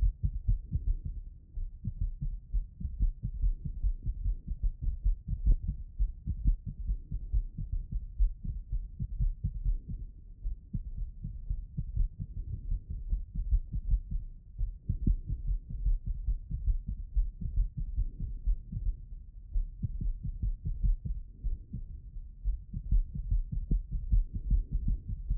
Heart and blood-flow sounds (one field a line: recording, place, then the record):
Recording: heart sounds by stethoscope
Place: pulmonary valve (PV)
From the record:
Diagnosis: non-HFrEF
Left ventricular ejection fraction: 41%